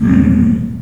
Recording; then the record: squeal of a Yucatan mini pig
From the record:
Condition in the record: after surgery on the right vocal fold (resection and tissue-engineered implant); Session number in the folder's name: 13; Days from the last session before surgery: 113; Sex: female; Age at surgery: 19 weeks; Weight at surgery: 25 kg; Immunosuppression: prednisolone